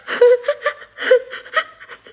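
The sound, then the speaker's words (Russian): A child sobs in short, high-pitched, halting bursts, two shaky rounds of catching breaths and whimpers, fairly loud and with no talking. “Ну, не плачь.”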